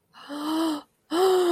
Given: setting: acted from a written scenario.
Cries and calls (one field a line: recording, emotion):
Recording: vocal sound without words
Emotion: negative surprise